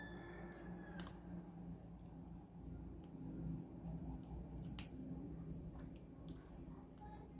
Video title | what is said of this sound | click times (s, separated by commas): DT99 Smartwatch 2023 - Unboxing Review of Design and Specs - Slimmest, Lightest Smartwatch Yet! | that we can attach this easily okay that's it you heard the click | 4.8 s